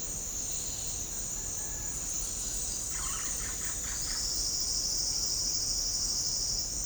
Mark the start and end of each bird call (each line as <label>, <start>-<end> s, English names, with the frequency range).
unidentified bird (0.7-3.7 kHz), 2.95-4.20 s
Chestnut Wood Quail (4.4-6.2 kHz), 4.01-6.63 s